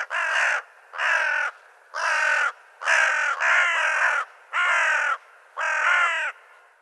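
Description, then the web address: Bird giving a series of hoarse caws, each lasting under a second, about one per second. "cianscape birddata Deverinetal 2025 Bird Co Co Co Co"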